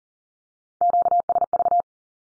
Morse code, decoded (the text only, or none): QSV